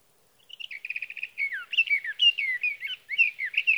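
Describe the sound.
Sage thrasher song: a quick run of repeated notes, then a long warbled stream of varied whistled phrases.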